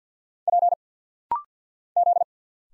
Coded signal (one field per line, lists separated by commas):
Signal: Morse code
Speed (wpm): 50 wpm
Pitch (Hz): 700 Hz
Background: none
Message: P Z